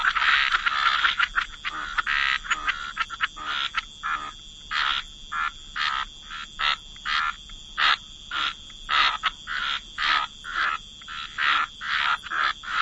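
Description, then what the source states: Frogs croaking together, a busy burst at the start, then harsh pulses spaced under a second apart, over a constant thin high tone. Frog chorus.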